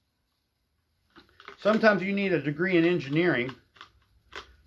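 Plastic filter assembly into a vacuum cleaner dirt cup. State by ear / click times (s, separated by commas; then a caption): seated / 3.8 s, 4.4 s. A plastic filter assembly is pushed into the dirt cup of a vacuum cleaner while someone talks. Small handling taps come first, then sharp plastic snaps are heard at 3.8 s and 4.4 s as the assembly seats into place.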